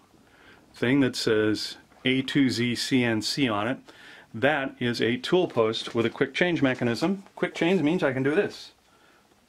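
Someone talks while handling a metal tool holder on a lathe's quick-change tool post marked "A-to-Z CNC," with only speech and faint background noise audible. The holder has not yet locked in, and nothing has seated or clicked by the end of the clip.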